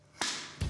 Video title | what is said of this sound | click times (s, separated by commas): Made In Britain - Drum Co - Al Murray - Apr 2021 | that's the click so that tells me that uh it's exactly the right size | 0.2 s